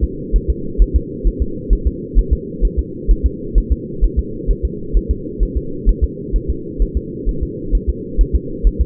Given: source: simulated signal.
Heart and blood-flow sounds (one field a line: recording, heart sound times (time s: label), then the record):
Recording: fetal heart sounds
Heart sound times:
0.04 s: S2
0.36 s: S1
0.50 s: S2
0.82 s: S1
0.96 s: S2
1.27 s: S1
1.42 s: S2
1.73 s: S1
1.87 s: S2
2.19 s: S1
2.33 s: S2
2.65 s: S1
2.79 s: S2
3.11 s: S1
3.26 s: S2
3.58 s: S1
3.72 s: S2
4.04 s: S1
4.19 s: S2
4.51 s: S1
4.65 s: S2
4.97 s: S1
5.11 s: S2
5.43 s: S1
5.57 s: S2
5.89 s: S1
6.04 s: S2
6.36 s: S1
6.50 s: S2
6.82 s: S1
6.97 s: S2
7.29 s: S1
7.43 s: S2
7.75 s: S1
7.90 s: S2
8.21 s: S1
8.36 s: S2
8.67 s: S1
8.81 s: S2
From the record:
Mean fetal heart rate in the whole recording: 130 bpm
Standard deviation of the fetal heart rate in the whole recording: 2 bpm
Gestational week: 36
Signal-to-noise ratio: -4.3 dB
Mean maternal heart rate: 72 bpm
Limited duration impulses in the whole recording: absent